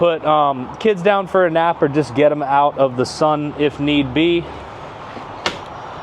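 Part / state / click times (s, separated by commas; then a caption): head compartment door latch in boat console / seated / 5.5 s. Someone talks for the first four and a half seconds, then the door of the small head and berth compartment in the starboard console of a 2026 Sea Ray SDX 230 boat is closed. A single sharp latch click at 5.5 s shows it locking into place, stowed for underway.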